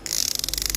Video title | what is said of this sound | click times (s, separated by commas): Em DỌN KHO THANH LÝ GIÁ 1K A CHỊ NHANH CHÂN | các bác nghe tiếng khóa nó kêu chưa? | 0.1 s, 0.2 s, 0.3 s, 0.4 s, 0.5 s, 0.7 s